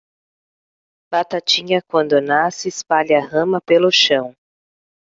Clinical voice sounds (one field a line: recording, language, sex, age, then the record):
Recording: short text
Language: Brazilian Portuguese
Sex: female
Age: 30 to 39 years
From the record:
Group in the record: control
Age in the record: 35 years